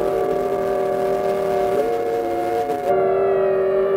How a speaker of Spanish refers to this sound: La CNT hace sonar las sirenas de las fábricas y del puerto. Su sonido alerta a los militantes y a toda la ciudad.